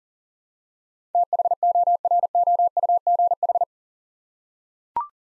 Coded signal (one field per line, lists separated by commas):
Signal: Morse code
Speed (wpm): 40 wpm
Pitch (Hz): 700 Hz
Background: none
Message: THOROUGH